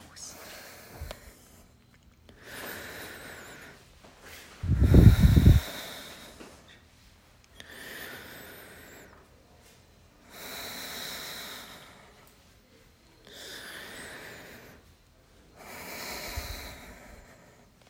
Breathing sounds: deep breathing after running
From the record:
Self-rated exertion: light exertion (2 of 6); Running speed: 7 miles an hour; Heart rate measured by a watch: 132 beats a minute at the start, 130 at the end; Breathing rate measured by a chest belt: 16 breaths a minute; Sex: male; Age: 23 years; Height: 172 cm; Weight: 64 kg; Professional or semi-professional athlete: yes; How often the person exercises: 3 to 5 times a week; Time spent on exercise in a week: 2 to 3 hours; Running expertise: no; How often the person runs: 1 to 2 times a week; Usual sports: running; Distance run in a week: 15 km

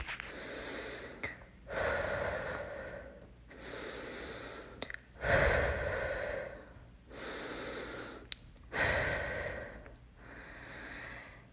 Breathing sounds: deep breathing after running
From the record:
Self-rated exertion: moderate exertion (3 of 6); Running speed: 5 miles an hour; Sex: female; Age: 18 years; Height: 171 cm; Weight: 75 kg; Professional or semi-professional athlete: no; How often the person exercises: 1 to 2 times a week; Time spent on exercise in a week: under 1 hour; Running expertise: no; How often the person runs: 1 to 2 times a week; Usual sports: running, fencing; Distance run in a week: 3 km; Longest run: 21.3 km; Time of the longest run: 190 minutes

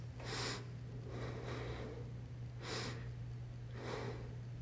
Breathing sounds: deep breathing after running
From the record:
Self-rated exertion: light exertion (2 of 6); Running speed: 5 miles an hour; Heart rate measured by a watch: 109 beats a minute at the start, 110 at the end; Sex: female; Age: 18 years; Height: 162 cm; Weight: 62 kg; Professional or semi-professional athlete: no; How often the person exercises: 1 to 2 times a week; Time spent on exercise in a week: under 1 hour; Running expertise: no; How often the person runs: under once a week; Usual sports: walking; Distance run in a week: 2 km

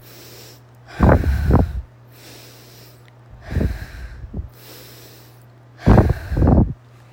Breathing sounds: deep breathing after running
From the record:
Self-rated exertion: light exertion (2 of 6); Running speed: 5 miles an hour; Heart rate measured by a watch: 94 beats a minute at the start, 92 at the end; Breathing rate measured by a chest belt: 20 breaths a minute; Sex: female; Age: 30 years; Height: 160 cm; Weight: 51 kg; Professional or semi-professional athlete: no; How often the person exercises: 3 to 5 times a week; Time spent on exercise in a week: over 5 hours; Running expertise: no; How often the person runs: 3 to 5 times a week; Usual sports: running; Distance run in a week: 60 km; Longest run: 42 km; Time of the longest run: 267 minutes

